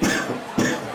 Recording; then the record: coughing mixed with background sound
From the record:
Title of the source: Spring Cold Coughing 3